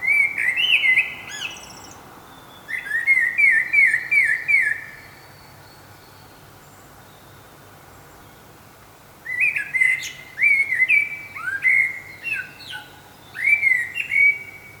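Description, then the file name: Common blackbird delivering fluted, warbling phrases with high chittering tails, a long silent gap in the middle, then a livelier run of varied phrases. "Turdus merula"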